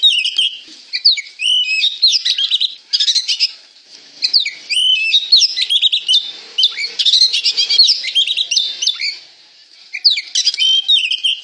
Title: Kacer Gacor